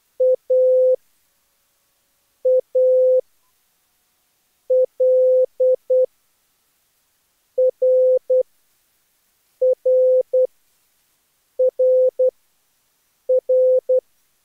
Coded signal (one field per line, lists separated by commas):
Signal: Morse code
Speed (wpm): 16 wpm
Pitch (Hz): 500 Hz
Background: none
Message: AAL RRRR